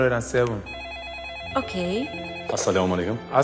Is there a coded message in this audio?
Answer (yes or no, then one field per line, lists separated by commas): no